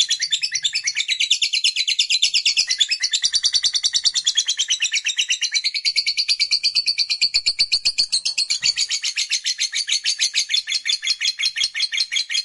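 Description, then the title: Lovebird song: a long, continuous, rapidly pulsed high chatter, buzzy and shrill, running unbroken through the whole stretch. Recording played to prompt a reluctant lovebird into spontaneous, energetic singing. "LOVEBIRD Malas Bunyi JADI GREGET SPONTAN Langsung NARIK"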